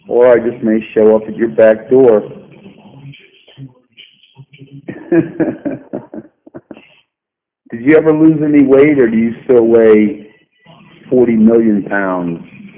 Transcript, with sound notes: Or, I just may show up at your back door. [laugh] Did you ever lose any weight? Or, do you still weigh 40 million pounds.